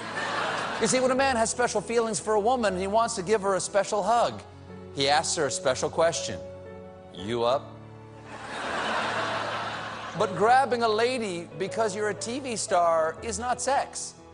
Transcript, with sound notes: You see, when a man has special feelings for a woman, he wants to give her a special hug. He asks her a special question - you up?
(LAUGHTER)
But grabbing a lady because you're a TV star is not sex.